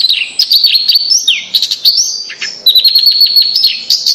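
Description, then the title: Bird song: dense, varied high twittering mixed with quick whistled slurs and bursts of rapid notes. "Kicau Burung Yoi"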